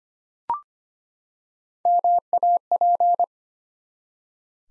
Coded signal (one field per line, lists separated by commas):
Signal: Morse code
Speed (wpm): 25 wpm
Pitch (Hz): 700 Hz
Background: none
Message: MAP